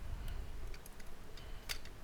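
A plastic arm that came off a transforming toy is pushed back into its shoulder socket by its mushroom peg, with soft handling and ticking sounds first. At 1.7 seconds a sharp snap is heard as the peg seats back in the socket.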